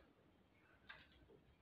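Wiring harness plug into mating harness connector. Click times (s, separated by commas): 0.9 s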